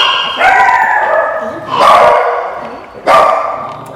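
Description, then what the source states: Dog barking: three loud, harsh barks spaced more than a second apart, each fading slowly. Recorded 22 July 2013 at 13:07:22.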